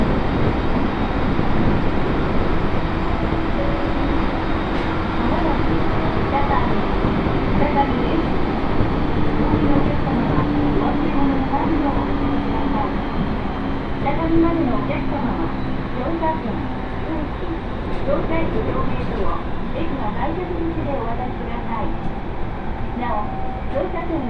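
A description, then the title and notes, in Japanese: A train ride on the Tohoku and Kitakami lines, with a steady, dense low rumble of the running carriage throughout. Faint voices and small clicks and rattles surface now and then, especially in the second half, with no sharp change in loudness. 耳で楽しむ鉄道旅 東北本線・北上線 花巻→北上→和賀仙人。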